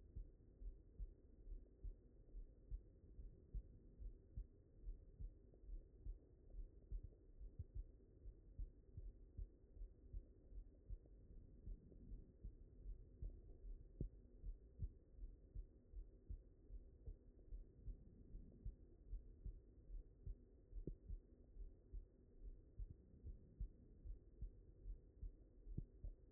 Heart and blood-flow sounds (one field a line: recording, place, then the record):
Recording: heart sounds by stethoscope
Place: mitral valve (MV)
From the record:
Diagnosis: non-HFrEF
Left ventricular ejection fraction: 66%